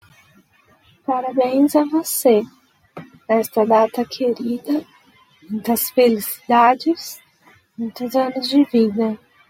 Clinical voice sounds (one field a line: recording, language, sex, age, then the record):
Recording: short text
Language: Brazilian Portuguese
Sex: female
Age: 20 to 29 years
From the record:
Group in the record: control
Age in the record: 24 years